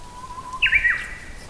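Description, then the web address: Japanese bush warbler song phrase: a low, drawn-out whistle that leaps into a bright, quick flourish ending on a falling note. Recorded 23 March 2019. "shonin uguisu"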